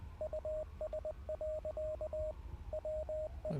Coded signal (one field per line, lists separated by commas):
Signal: Morse code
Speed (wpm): 20 wpm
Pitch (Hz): 620 Hz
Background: radio noise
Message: US. WE